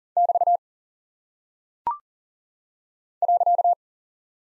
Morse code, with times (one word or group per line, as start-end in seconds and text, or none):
0.2-0.6 <BT>
3.2-3.7 .